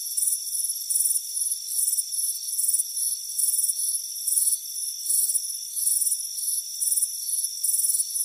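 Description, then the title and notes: Cricket chirps come in quick, shrill, regular bursts, layered over a constant thin ringing drone. Crickets chirping on a warm afternoon on a front porch. "Soothing Crickets Chirping Sound. It's a warm afternoon as you relax in a hammock on the front porch. Deep Sleep Sounds"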